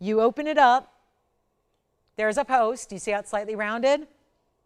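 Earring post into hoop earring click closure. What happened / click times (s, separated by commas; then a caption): The clasp was handled but no seating click was heard / none. A woman talks while a yellow gold hoop earring with a click-top closure is opened, showing its slightly rounded post before it is pushed into the catch. Only her voice is heard, with a silent gap between about 0.9 and 2.2 seconds. Nothing has clicked or seated yet.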